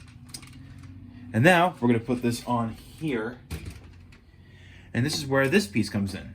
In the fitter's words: gonna push the button in and push this cannon back one notch to click into place